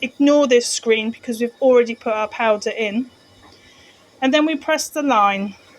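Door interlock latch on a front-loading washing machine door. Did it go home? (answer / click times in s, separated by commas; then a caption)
no / none. Someone talks while handling a front-loading washing machine before the door interlock latch on its door engages. No click is heard, and the door lock has not clicked shut yet.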